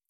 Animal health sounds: hydrophone in a shrimp aquaculture tank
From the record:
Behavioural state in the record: feeding

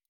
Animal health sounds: hydrophone in a shrimp aquaculture tank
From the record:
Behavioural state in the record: normal

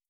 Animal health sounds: hydrophone in a shrimp aquaculture tank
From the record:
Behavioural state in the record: starved

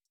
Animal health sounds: hydrophone in a shrimp aquaculture tank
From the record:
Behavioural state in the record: stressed

